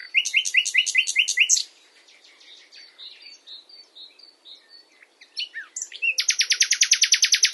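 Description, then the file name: Common nightingale song with a fast repeated trill, a stretch of soft varied phrases, then a long, loud, rattling series of rapid identical notes. "Luscinia megarhynchos"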